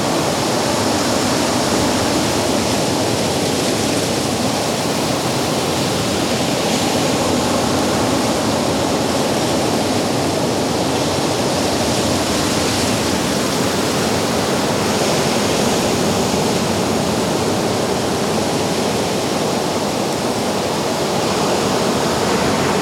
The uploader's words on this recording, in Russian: Рассвет на Пляже. Далёкие Волны в Ветреное Зимнее Утро. Ощутите свежую атмосферу зимнего утра на уединённом пляже. Слушайте шелест высоких трав и ритмичное шуршание песка, сформированное ночным ветром. Вдалеке тихий рёв океана сливается с медленным приближением прилива.